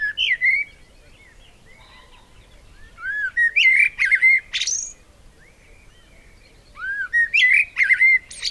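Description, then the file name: Eurasian blackbird song: low fluty whistles rising into thin high twitters, three phrases spaced a few seconds apart. "Turdus merula"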